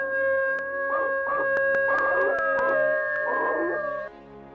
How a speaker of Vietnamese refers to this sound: một thây ma người chó nhìn rất đáng sợ, với hai con mắt bị chọc mù. Nó đứng đó và rú lên từng tiếng ghê rợn.